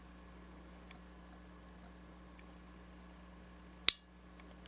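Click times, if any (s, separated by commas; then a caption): 3.9 s. The internal safety arm under the roll pin of a semi-auto pistol snaps back into place as the trigger mechanism resets. A single sharp, bright metallic click comes at 3.9 s against a quiet background with a steady low hum, and a few faint ticks come before and after. The arm is seated back in position.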